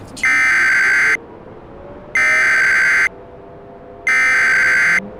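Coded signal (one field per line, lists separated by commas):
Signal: Emergency Alert System (SAME) tones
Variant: header bursts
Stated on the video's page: Fake, mock child abduction emergency alert.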